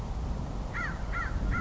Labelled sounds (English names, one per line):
American Crow